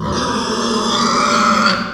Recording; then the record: squeal of a Yucatan mini pig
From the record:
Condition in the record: after surgery on the right vocal fold (resection and tissue-engineered implant); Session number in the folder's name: 16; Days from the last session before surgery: 183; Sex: female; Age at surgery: 19 weeks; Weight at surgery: 25 kg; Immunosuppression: prednisolone